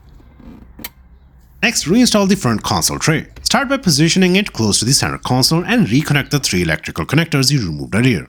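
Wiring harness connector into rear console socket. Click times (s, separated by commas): 0.9 s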